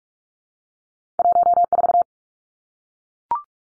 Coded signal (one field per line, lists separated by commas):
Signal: Morse code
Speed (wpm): 44 wpm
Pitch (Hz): 700 Hz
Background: none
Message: 14